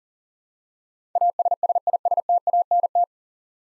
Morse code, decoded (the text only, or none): ASSISTANT